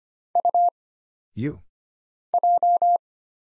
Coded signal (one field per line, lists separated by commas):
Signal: Morse code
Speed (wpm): 25 wpm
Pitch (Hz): 700 Hz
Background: none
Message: U J